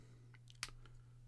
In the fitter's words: syringe kind of snaps in place